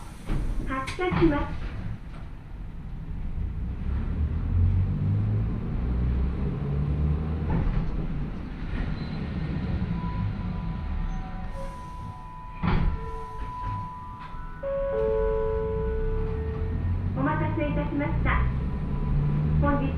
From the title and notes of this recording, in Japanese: 万葉線 高岡駅→越ノ潟。電車は吊りかけモーターなので中々の唸りをあげています。